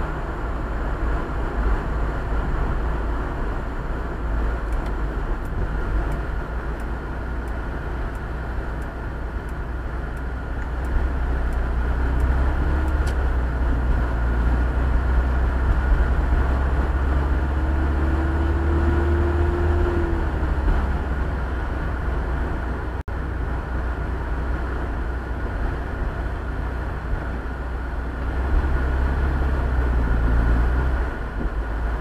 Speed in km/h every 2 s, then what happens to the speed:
62, 58, 52, 43, 34, 27, 29, 35, 38, 43, 45, 43, 39, 34, 33, 35.
0-10 brakes to 27. 10-19 speeds up to 45. 22-27 slows to 33.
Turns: none.